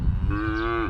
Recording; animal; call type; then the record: contact call of a hoofed animal; cattle; low-frequency (closed-mouth) or high-frequency (open-mouth) call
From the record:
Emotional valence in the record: negative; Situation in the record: full separation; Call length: 0.90 s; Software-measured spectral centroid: 1100 Hz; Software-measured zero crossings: 910 a second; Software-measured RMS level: -24 dBFS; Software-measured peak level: -13 dBFS